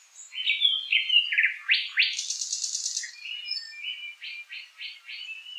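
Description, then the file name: Nightingale song: varied whistled slurs and steep sweeps lead into a rapid buzzy trill, then several evenly spaced sharp notes. "solovei"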